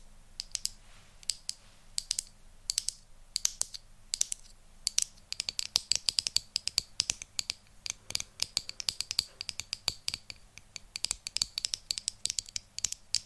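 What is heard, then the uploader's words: ASMR tapping: sharp, bright clicks like keyboard typing, irregular at first, then quicker and denser after six seconds, over a faint low hum. ASMR Tapping For Sleep & Relaxation.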